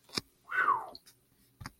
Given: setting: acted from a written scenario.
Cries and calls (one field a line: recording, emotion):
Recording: vocal sound without words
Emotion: relief